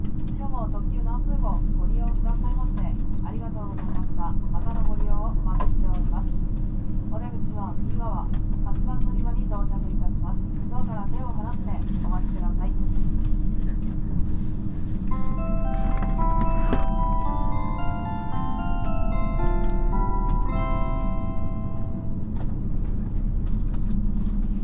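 JR Shikoku 2700 series diesel railcar running, with a steady, heavy low rumble throughout. A voice speaks for the first half, and from about fifteen seconds a series of clear tones steps up and down in pitch over the drone.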